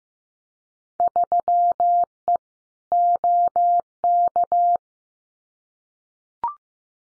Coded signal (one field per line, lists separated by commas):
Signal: Morse code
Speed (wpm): 15 wpm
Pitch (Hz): 700 Hz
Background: none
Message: 3E OK